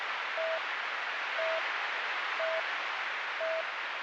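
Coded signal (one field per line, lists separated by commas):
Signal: none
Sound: radio talk-permit beeps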